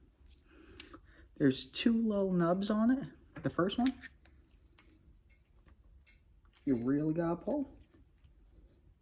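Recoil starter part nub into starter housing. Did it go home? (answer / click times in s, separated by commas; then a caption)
no / none. Someone talks while handling a recoil-starter part for a Stihl 046 chainsaw Elastostart starter, pulling hard on the first of its two small nubs to snap it into the plastic starter housing. Only faint handling sounds occur between the talk, and nothing has seated or clicked yet.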